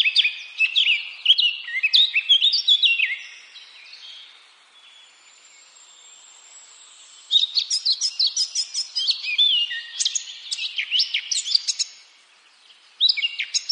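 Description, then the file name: Eurasian blackcap song, two long bursts of busy, varied warbling with chirps and trills separated by a quiet pause, and a short phrase beginning right at the end. "Sylvia atricapilla"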